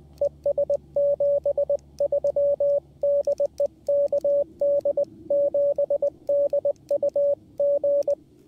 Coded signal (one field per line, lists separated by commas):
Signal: Morse code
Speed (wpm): 20 wpm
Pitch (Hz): 570 Hz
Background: radio noise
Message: ES 73 DE KD7DUG